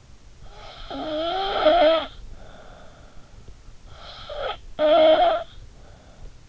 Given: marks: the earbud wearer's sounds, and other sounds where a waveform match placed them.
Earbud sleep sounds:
sounds in sleep by an in-ear microphone; snoring breath
0.31-3.47 s: snoring breath
3.99-6.49 s: snoring breath

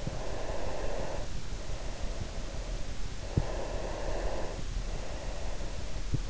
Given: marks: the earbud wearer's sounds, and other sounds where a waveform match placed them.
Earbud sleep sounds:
sounds in sleep by an in-ear microphone; breath
0.02-2.81 s: breath
3.27-6.00 s: breath

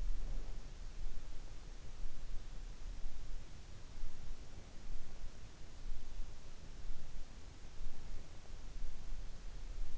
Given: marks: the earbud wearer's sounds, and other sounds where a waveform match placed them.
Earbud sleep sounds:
sounds in sleep by an in-ear microphone; breath
0.00-1.11 s: breath

